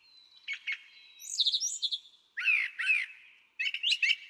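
Brown Thrasher song with a thin whistle, a series of high descending notes, harsh doubled slurs and a closing varied burst.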